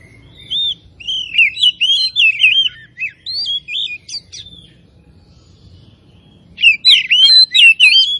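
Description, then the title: Oriental magpie-robin song of rich whistled phrases, twisting up and down in quick succession, a pause of about two seconds, then another busy burst. Singing bird described as gacor (singing vigorously and continuously); Tretes type. "Kacer Tretes"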